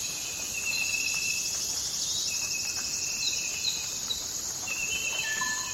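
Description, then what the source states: High, unbroken cricket trilling with pulsed buzzing layers and several drawn-out even tones, some dropping lower toward the end. Forest at night.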